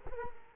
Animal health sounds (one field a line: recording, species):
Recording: mosquito wingbeat signal from an infrared sensor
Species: Culex quinquefasciatus